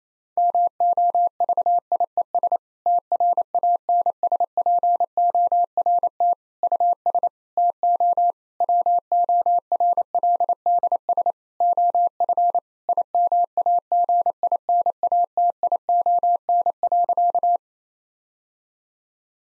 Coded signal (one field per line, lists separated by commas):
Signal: Morse code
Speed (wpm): 28 wpm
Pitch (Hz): 700 Hz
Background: none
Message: MOVIES TRANSPORT US TO WORLDS OF IMAGINATION.